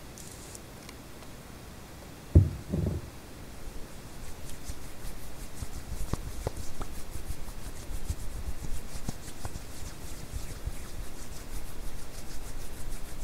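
Hand sounds rub and brush against a steady hiss of white noise. A sharp knock lands just after two seconds. From about six seconds on, the rubbing grows busier, with soft scrapes and small ticks recurring until the end.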